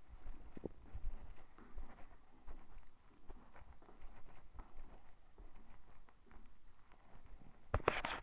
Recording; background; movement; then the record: deep breathing; quiet; walking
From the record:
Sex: female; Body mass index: 21.8 kg/m2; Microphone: on the chest, facing the body